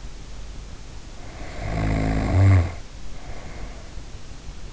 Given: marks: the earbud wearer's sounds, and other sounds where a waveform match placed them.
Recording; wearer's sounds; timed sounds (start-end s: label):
sounds in sleep by an in-ear microphone; snoring breath
1.19-4.23 s: snoring breath